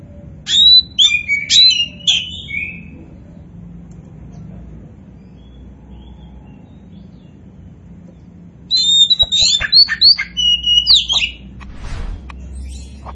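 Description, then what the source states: Oriental magpie-robin giving quick, loud whistled phrases for about three seconds, falling silent for a spell, then launching another lively, varied burst of slurred whistles and chips. Kacer poci variety, singing in vigorous full song known as gacor.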